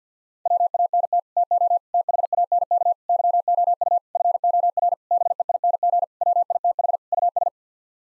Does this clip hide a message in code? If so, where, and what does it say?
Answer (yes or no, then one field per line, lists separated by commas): yes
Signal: Morse code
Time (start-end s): 0.5-7.5 s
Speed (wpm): 50 wpm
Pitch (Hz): 700 Hz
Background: none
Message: WANT TO THANK YOU FOR BEING WITH US